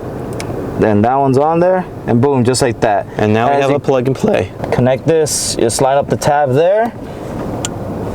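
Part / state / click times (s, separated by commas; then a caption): speaker harness connector into dashboard speaker / seated / 7.7 s. Someone talks while fitting a plastic plug-and-play speaker harness connector onto the terminal of an upgraded dashboard speaker in a 2019–2022 Toyota RAV4, lining up its locking tab. After the talking stops, a sharp click at 7.7 s marks the connector latching and seating onto the speaker.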